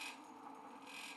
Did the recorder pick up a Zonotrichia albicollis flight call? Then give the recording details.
no. No flight call is heard. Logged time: 08:24 on 5 December 2014